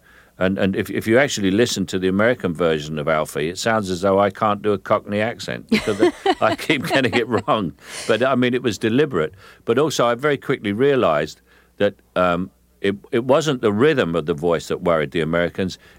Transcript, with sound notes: And if you actually listen to the American version of "Alfie," it sounds as though I can't do a cockney accent 'cause I...
(Laughter).
...I keep getting it wrong. But I mean, it was deliberate. But also, I very quickly realized that it wasn't the rhythm of the voice that worried the Americans.